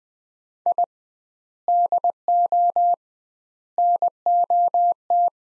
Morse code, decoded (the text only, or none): I DO NOT